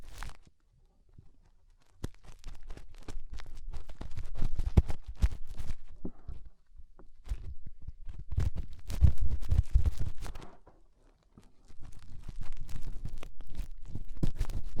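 Fingers rub and scrape in an ear, making dense bursts of crackling, rustling scratches over a deep rumbling thump. The rubbing comes in waves, starting around two, seven and twelve seconds, with near-silent pauses between, the loudest stretches near five and nine seconds.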